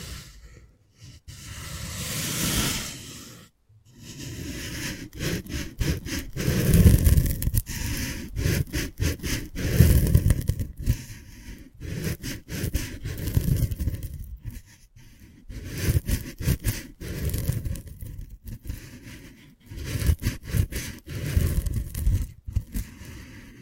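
Ear picking recorded with props, heard as a continuous run of scraping, rustling and scratching. The sound stays dense and busy for the whole 24 seconds, with rapid irregular strokes and brief gaps, mostly low rubbing thuds under brighter crackly scratches, with a short quiet break near four seconds.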